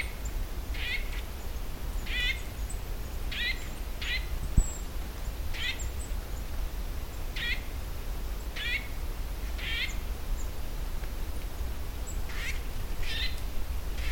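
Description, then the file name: Eurasian nuthatch calling: sharp, slightly buzzy notes, some doubled, repeated at fairly even intervals over steady low background noise. "Sitta europaea"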